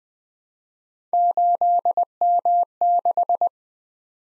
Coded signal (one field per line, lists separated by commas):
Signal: Morse code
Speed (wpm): 20 wpm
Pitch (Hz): 700 Hz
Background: none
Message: 8M6